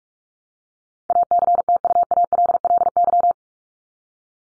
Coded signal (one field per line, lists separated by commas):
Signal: Morse code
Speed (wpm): 44 wpm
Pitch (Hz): 700 Hz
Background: none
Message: ACTUALLY